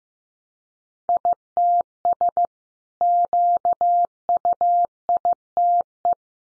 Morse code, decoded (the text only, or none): ITS QUITE